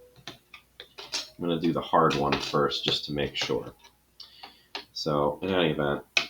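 A painted fin is handled at its slot on the body of an Estes Black Brant XII mid-power model rocket built from plastic and cardboard parts. Someone talks while short, sharp ticks and light knocks of the parts being handled are heard between the words. The fin has not seated or clicked into the slot yet.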